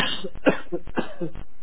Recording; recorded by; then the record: voluntary cough; telephone call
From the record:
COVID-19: positive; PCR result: self-reported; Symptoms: yes